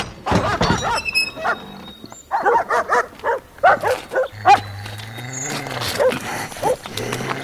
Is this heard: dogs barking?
yes